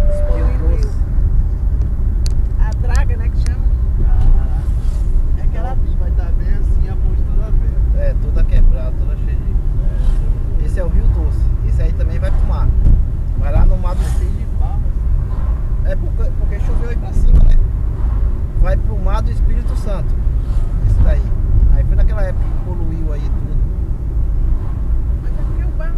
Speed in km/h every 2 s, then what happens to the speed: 44, 43, 45, 48, 48, 47, 45, 46, 48, 50, 49, 48, 50.
0-26 steady at about 48.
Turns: none.